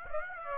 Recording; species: mosquito wingbeat signal from an infrared sensor; Aedes aegypti